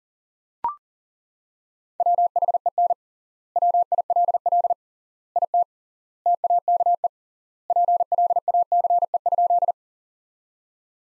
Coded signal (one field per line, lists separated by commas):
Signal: Morse code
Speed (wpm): 40 wpm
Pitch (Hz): 700 Hz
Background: none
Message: WHEN WILL IT TAKE PLACE?